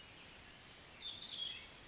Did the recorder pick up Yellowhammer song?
no